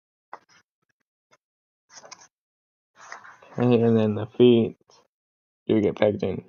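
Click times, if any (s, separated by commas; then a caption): 0.3 s. A part of a plastic action figure is pushed into the figure body during assembly and snaps into place with a sharp click at 0.3 s. It is followed by faint scratchy handling sounds, and then someone talks.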